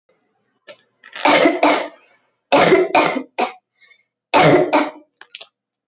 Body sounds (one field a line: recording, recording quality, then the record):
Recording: heavy voluntary cough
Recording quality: excellent, no background noise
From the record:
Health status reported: COVID-19 positive, mild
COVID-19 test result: positive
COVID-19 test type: RT-PCR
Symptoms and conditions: fever, fatigue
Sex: female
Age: 22 years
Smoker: no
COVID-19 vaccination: both doses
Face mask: not worn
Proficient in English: yes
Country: India